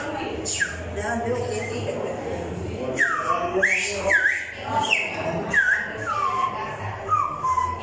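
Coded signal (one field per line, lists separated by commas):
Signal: whistled language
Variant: Silbo Gomero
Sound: loud piercing whistles gliding up and down in pitch, like whistled speech phrases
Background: faint background voices, room hum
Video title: Silbar con dedo ajeno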